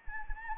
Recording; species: mosquito wingbeat signal from an infrared sensor; Anopheles arabiensis